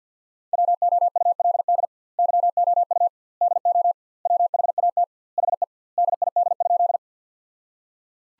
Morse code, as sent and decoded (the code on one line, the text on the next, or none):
.-- --- ..- .-.. -.. / -.-- --- ..- / -.. --- / .-- .... .- - / .... . / -.. .. -.. ..--..
WOULD YOU DO WHAT HE DID?